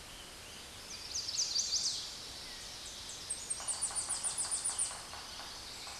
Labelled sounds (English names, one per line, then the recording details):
Tennessee Warbler song
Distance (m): 25 m
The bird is about 20 m above the microphone
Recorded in a Pennsylvania forest on 16 May 2024 at 06:13
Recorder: AudioMoth, point MSD-1849
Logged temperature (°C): 12.1 °C
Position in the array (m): 35 m, 55 m